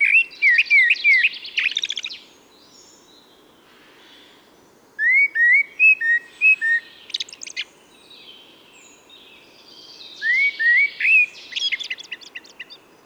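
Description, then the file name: Common blackbird giving three song phrases, each a short run of flute-like, upslurred notes trailing into thin, rapid twittering, spaced roughly five seconds apart. "Turdus merula"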